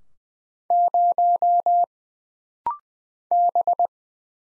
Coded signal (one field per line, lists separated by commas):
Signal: Morse code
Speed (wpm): 20 wpm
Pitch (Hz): 700 Hz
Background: none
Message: 0 B